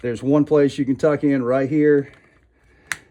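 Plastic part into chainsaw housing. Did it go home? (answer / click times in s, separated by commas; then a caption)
yes / 2.9 s. Someone talks for about two seconds, then after a quiet pause a plastic part is tucked into its spot on a Stihl MS201t chainsaw housing during reassembly. It snaps home with one sharp click at 2.9 s, seating the piece in place.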